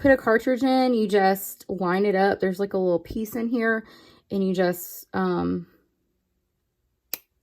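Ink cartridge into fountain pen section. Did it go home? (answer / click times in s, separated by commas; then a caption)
yes / 7.1 s. Someone talks while lining up a plastic Pilot ink cartridge with a fountain pen's section and pressing it in. After a few seconds of quiet, one short, sharp click sounds at 7.1 s as the cartridge seats in the section.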